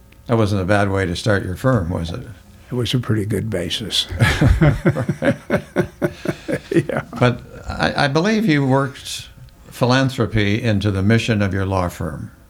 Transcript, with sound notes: That wasn't a bad way to start your firm, was it?
It was a pretty good basis. (Laughing)
But I believe you worked philanthropy into the mission of your law firm.